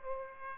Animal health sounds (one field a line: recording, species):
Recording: mosquito wingbeat signal from an infrared sensor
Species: Aedes aegypti